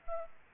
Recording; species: mosquito wingbeat signal from an infrared sensor; Aedes aegypti